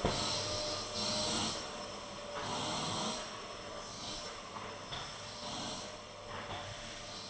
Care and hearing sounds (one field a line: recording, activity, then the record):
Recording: daily activity, microphone in the room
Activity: vacuum cleaning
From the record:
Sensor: 4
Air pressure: 1010.4 hPa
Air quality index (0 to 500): 179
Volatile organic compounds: 5 ppm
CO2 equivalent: 1813 ppm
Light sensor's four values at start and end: 33/96/38/38 and 33/97/38/38